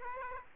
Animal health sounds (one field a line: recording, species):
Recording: mosquito wingbeat signal from an infrared sensor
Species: Aedes aegypti